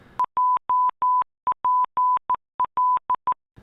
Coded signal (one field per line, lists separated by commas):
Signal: Morse code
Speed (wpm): 14 wpm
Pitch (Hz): 1000 Hz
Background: none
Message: JPL